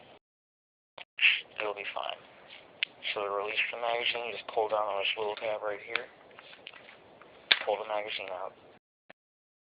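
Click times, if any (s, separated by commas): 7.5 s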